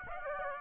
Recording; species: mosquito wingbeat signal from an infrared sensor; Aedes aegypti